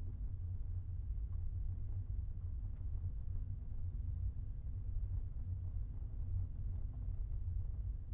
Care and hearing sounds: everyday scene through a hearing-aid microphone; in a vehicle; engine, rumble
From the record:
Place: Skoda Fabia, gasoline engine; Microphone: behind the ear, right, front

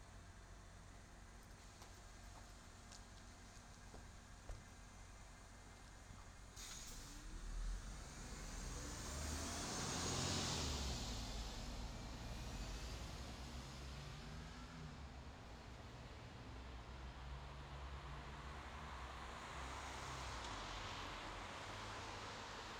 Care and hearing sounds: everyday scene through a hearing-aid microphone; in traffic; traffic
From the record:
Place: bus stop on a city main road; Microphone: in the ear canal, left

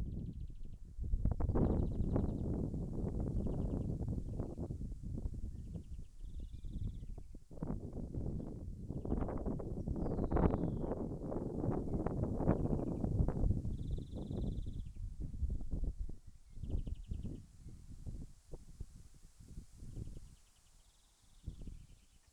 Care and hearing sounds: everyday scene through a hearing-aid microphone; wind on the microphone; wind, birds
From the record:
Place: in front of a rural house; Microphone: behind the ear, left, front

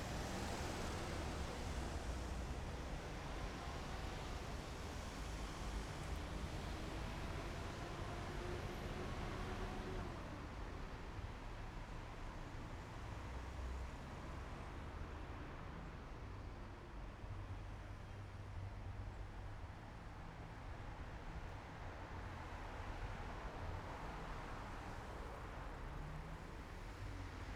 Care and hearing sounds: everyday scene through a hearing-aid microphone; in traffic; traffic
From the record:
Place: main city hub, rush hour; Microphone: behind the ear, right, front

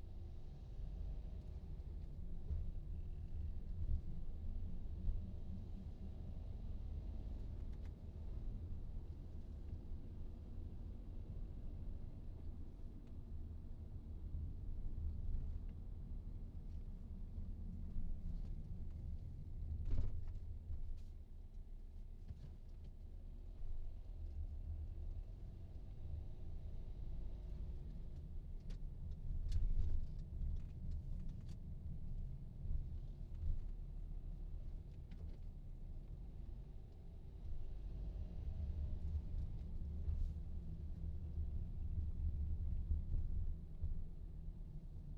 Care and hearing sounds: everyday scene through a hearing-aid microphone; in a vehicle; engine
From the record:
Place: VW T5 Caravelle, diesel engine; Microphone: in the ear canal, right

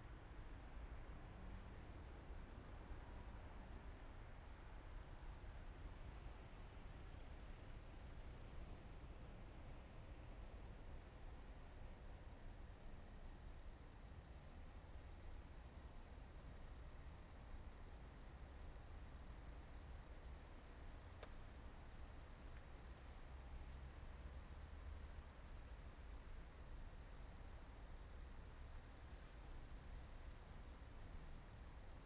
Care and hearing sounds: everyday scene through a hearing-aid microphone; in traffic; traffic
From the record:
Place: main city hub, rush hour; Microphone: behind the ear, right, rear

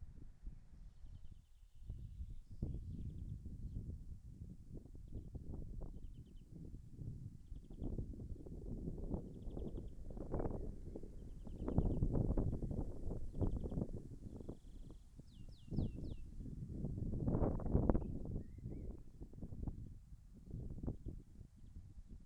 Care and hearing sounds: everyday scene through a hearing-aid microphone; wind on the microphone; wind, birds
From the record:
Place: in front of a rural house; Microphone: behind the ear, left, front

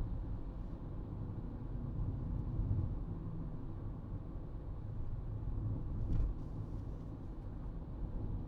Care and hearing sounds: everyday scene through a hearing-aid microphone; in a vehicle; engine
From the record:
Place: Berlingo II, diesel engine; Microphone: in the ear canal, right

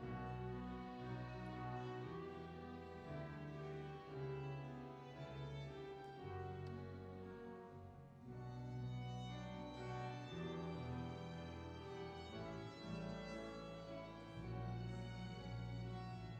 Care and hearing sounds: everyday scene through a hearing-aid microphone; reverberant space; music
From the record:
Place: church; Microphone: in the ear canal, left

